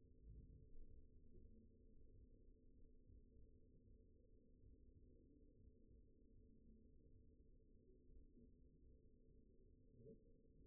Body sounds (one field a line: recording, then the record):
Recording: forearm muscle sounds (acoustic myography)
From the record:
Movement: pen grasping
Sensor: system 2, bracelet of six BSWA MPA416 microphones around the upper forearm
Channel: 6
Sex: male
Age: 22 years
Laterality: right